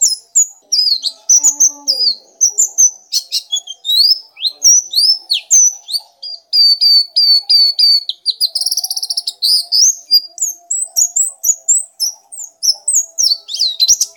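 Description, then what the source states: Nightingale song, a continuous varied stream of high whistles, sweeps, chirps and rapid buzzy notes, changing phrase every second or so without pause. Masteran (tutor) recording used to train pet birds to sing.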